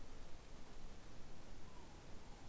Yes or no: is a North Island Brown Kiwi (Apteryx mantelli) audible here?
no